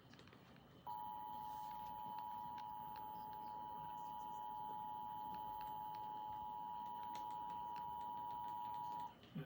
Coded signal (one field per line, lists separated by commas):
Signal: Emergency Alert System (SAME) tones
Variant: 853 and 960 Hz attention tone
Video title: Litchfield County Severe T-Storm Warning EAS